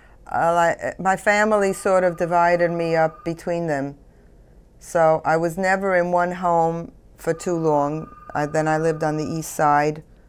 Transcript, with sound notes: My family sort of divided me up between them (telephone rings) so I was never in one home for too long. Then I lived on the East Side